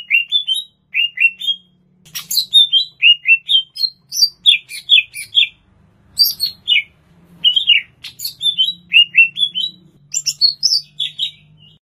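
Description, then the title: Greater green leafbird delivering long, lively song phrases of paired slurred whistles and buzzy chips, nearly continuous with brief pauses, over a soft low hum. "Cucak Ijo"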